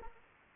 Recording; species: mosquito wingbeat signal from an infrared sensor; Anopheles arabiensis